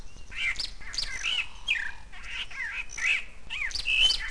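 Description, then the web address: Birds calling: a busy run of sharp chirps and squawky, bending notes, several per second, overlapping throughout with a soft low rumble beneath. "Net Power 2-97. birds"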